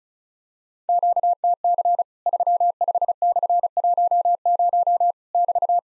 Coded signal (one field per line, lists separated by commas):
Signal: Morse code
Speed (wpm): 36 wpm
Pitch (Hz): 700 Hz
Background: none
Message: QTC 35/10 <BT>